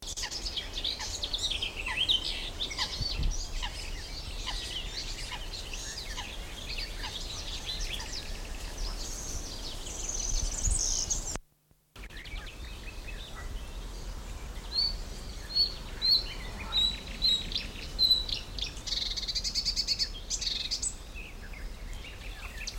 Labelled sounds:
Marsh Warbler (Acrocephalus palustris)

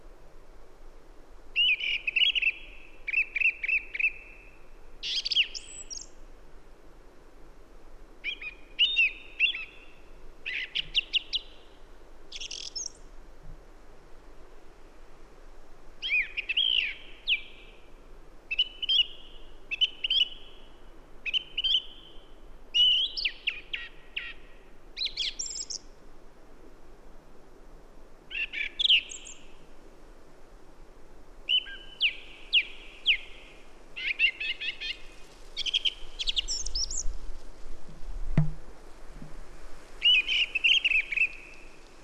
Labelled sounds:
Song Thrush (Turdus philomelos) song

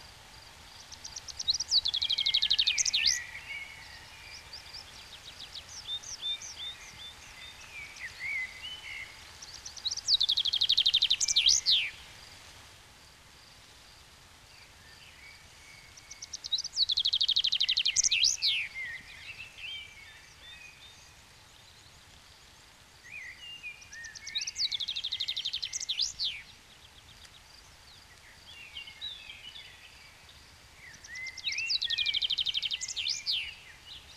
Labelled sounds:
Common Chaffinch (Fringilla coelebs) song

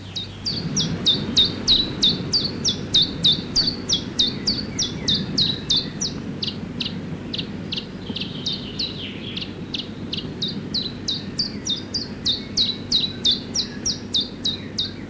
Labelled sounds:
Common Chiffchaff (Phylloscopus collybita)

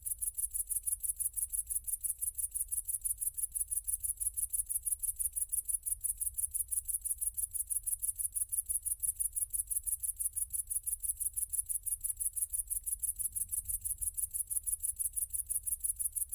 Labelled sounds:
Great Green Bush-cricket (Tettigonia viridissima) stridulation

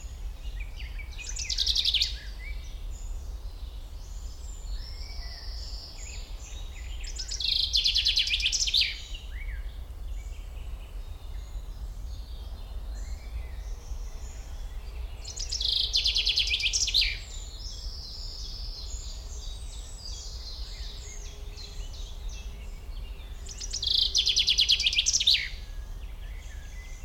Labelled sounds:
Common Chaffinch (Fringilla coelebs)

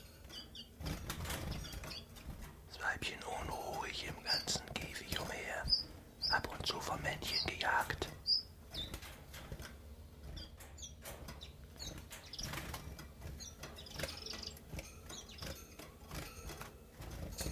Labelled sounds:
Common Chiffchaff (Phylloscopus collybita)

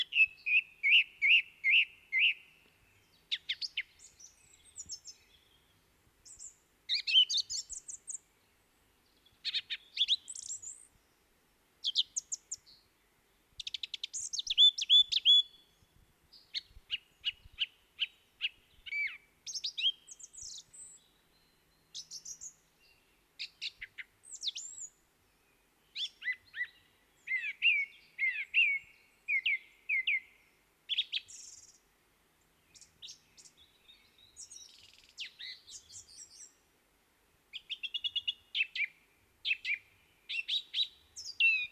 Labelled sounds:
Song Thrush (Turdus philomelos) song

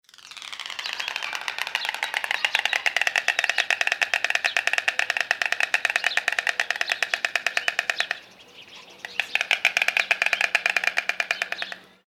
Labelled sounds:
White Stork (Ciconia ciconia)

